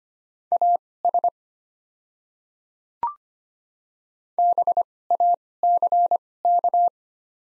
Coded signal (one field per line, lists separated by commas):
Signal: Morse code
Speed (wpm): 25 wpm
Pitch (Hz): 700 Hz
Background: none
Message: AS BACK